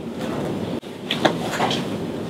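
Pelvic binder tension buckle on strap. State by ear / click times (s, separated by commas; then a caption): seated / 1.1 s, 1.3 s. A pelvic binder strap is pulled tight while the orange strap is secured, and its tension buckle gives two sharp clicks at 1.1 s and 1.3 s over a steady background, showing the buckle has seated tight.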